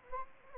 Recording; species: mosquito wingbeat signal from an infrared sensor; Anopheles gambiae